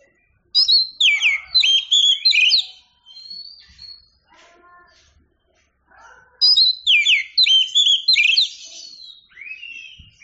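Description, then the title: Oriental magpie-robin song: two loud bursts of rapid, varied whistles and sweeping notes, separated by a quieter stretch of soft phrases and low fluty notes. Champion songbird; chirping song. "Kicau Burung Kacer Juara"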